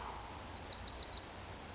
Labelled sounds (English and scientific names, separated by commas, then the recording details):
Bewick's Wren (Thryomanes bewickii)
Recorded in Sonoma County, California